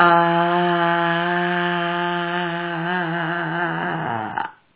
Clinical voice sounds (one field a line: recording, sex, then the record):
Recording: sustained vowel /a/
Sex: female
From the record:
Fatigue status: fatigue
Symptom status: symptomatic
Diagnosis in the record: COVID-19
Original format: 3gp